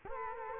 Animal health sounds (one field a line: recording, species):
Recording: mosquito wingbeat signal from an infrared sensor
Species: Culex quinquefasciatus